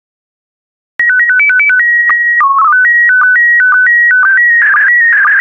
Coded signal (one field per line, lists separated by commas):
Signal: SSTV (slow-scan television)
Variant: PD 120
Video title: 147076 Images of Thailand SSTV PD120